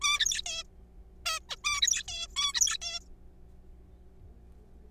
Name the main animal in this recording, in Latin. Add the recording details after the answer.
Taeniopygia guttata. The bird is a juvenile. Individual R3428